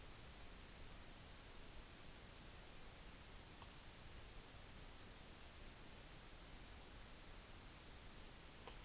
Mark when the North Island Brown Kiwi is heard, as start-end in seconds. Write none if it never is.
none